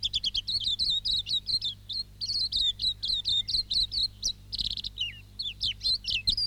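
Silvereye song: continuous rapid warbling of high, sweet notes, with a few slurred, swooping notes near the end.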